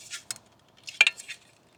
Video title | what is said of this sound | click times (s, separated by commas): Starlink vs Cable Internet – Can It Really Compete? | and it actually locks into place. | 1.0 s